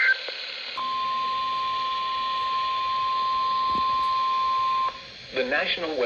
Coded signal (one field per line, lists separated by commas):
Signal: Emergency Alert System (SAME) tones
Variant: 1050 Hz attention tone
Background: speech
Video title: EAS Alerts From 7/5/26: A Compilation (EAS 1246-1255)